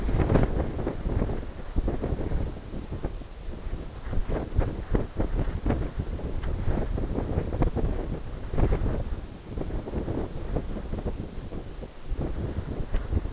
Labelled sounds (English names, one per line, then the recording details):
none
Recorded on Arctic tundra, site NAIT-1, on 20 June 2018
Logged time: 23:00